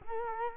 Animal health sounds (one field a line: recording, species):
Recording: mosquito wingbeat signal from an infrared sensor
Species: Culex quinquefasciatus